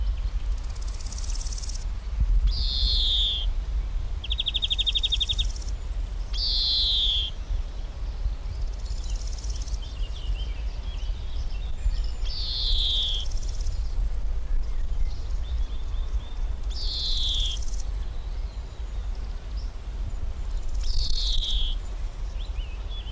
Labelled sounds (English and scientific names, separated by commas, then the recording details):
European Greenfinch (Chloris chloris) song
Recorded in the wild
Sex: male
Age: adult
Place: Blankenfelde, Tegeler Fließ, Berlin, DE
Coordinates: 52.6372, 13.3889
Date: 1991-07-07 10:27
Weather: sunny, 28°C, wind
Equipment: Marantz, Sennheiser ME 80, Kopie Tesla B 116
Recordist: Tembrock, Günter